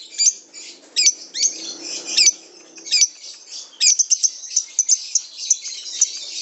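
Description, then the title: Lovebird song of quick high chirps and sharp squeaky sweeps, then a run of rapid, closely spaced tweets. Bird training sounds (masteran) for lovebirds. "MASTERAN BURUNG 2. LoveBird"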